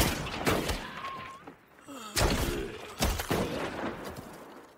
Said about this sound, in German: Vorsichtig geht er die Treppe des Kellers hoch, um nachzusehen, woher die Schüsse kommen. Er öffnet die Tür und geht langsam in den Gang des Hauses, während die Zombies draußen niedergeschossen werden.